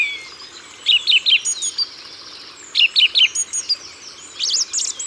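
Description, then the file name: Song thrush song: a bright three-note phrase repeated twice, sharp clear whistles between, then a higher scratchy burst near the end. Ardèche, France. "Grive-Musicienne-Concerts-Naturels-De-l Ardeche"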